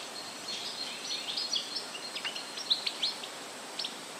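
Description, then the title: Bird chirping, a busy run of short high sharp notes and quick downward flicks, scattered irregularly over a steady background hiss. Woodland setting. "Woodland Ambience and Soothing Bird Chirping"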